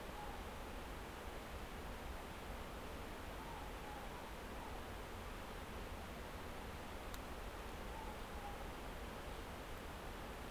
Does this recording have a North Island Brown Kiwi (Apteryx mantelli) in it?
no